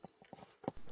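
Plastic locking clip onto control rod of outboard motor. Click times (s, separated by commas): 0.7 s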